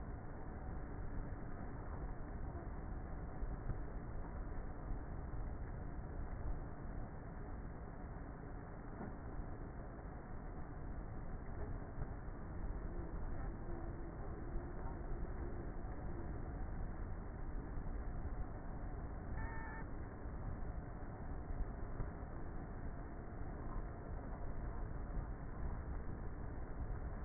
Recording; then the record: honeybee colony, microphone inside the hive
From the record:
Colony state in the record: queenless with a low population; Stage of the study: before two queens were removed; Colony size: about 30,000 bees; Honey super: no